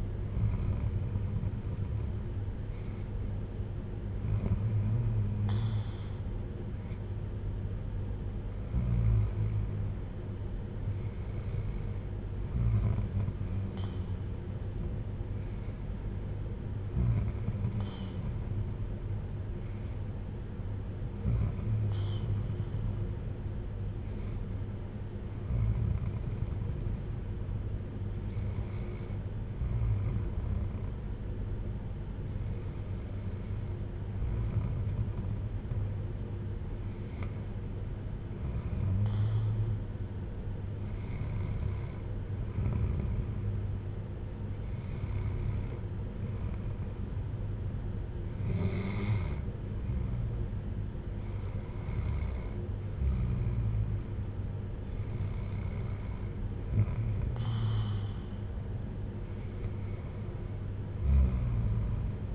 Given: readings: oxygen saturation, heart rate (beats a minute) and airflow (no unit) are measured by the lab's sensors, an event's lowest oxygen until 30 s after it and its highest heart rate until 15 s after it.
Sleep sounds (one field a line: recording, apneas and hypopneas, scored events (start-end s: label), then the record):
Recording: breathing in sleep by a smartphone at the bedside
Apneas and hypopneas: none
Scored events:
none scored
From the record:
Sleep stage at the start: N2 (light sleep)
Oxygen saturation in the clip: 94 to 95%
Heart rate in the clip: 52 to 63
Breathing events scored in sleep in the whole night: 310 in 8.1 hours asleep